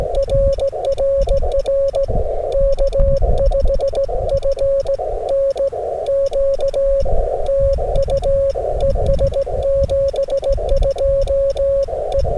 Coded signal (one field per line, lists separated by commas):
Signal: Morse code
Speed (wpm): 19 wpm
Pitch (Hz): 550 Hz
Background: none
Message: RRR K5FNQ TU ES 72 E